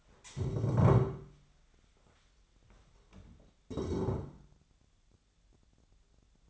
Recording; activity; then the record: daily activity, microphone in the room; stand up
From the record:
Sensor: 3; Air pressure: 1015.2 hPa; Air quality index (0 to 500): 182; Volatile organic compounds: 18 ppm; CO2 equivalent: 2616 ppm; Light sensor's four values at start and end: 15/38/15/16 and 15/38/15/16